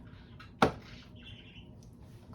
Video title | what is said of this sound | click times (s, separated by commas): Instructions for a Dishwasher | your soap cup listen for the click | 0.6 s